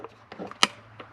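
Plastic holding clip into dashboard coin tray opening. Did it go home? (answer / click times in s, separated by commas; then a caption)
yes / 0.6 s. A black plastic holding clip is pushed into its mounting spot in the dash of a 2006-2008 Subaru Forester, where it will hold the coin tray. A few soft taps and rustles lead up to one sharp, bright click at 0.6 s, with another quieter snap near the end. The clip clicks in and is seated.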